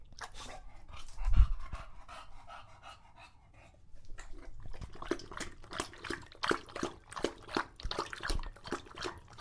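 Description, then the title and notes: English Bulldog lapping water, a few scattered wet sounds and a thump early, then steady rapid laps from about halfway through. Male English Bulldog named Lucho drinking from a water bowl after a long walk, breathing heavily and out of breath between drinks. "English Bulldog Drinks from Water Bowl - Weird Sounds. listen to Lucho the English Bulldog as he tries to drink water after a long walk. Don't let his heavy breathing fool you in between drinks, he's equally out of breath from the walk"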